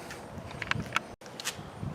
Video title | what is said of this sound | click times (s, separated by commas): Newer Briggs Lawn Mower Not Starting Fix | push it all the way in until it snaps in | 0.7 s, 1.0 s